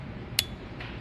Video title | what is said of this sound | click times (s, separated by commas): Enter The Matrix! | a little bit tighter and then you get this super satisfying snap | 0.4 s